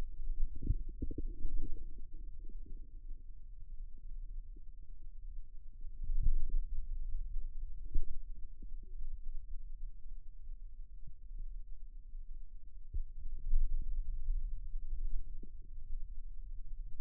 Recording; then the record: forearm muscle sounds (acoustic myography)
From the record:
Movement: radial deviation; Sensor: system 2, bracelet of six BSWA MPA416 microphones around the upper forearm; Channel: 4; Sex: male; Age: 22 years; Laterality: right